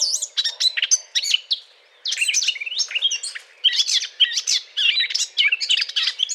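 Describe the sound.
Eurasian blackcap courtship song, a fast chattering warble of squeaky, scratchy and whistled notes, broken by short pauses.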